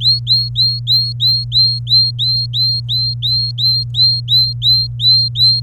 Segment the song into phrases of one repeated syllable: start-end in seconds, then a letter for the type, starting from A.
0.00-5.62 A